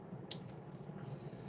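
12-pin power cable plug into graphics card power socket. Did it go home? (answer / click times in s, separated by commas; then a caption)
yes / 0.3 s. A 12-pin GPU power cable plug is pushed into a graphics card's power socket to make sure it clicks in. A single faint, brief click is heard at 0.3 s over a steady low hum. The plug is judged seated and is left there.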